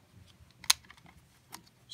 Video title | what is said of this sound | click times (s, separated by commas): HOW TO: Canon Vixia HF R52 - using an SD card for recording. | you open up the little door on the side slide the card in until it clicks and close the door | 0.7 s